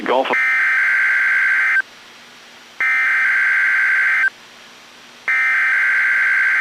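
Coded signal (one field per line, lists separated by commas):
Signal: Emergency Alert System (SAME) tones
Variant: header bursts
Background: speech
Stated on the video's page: NOAA Weather Radio Required Weekly Test, audio-only recording.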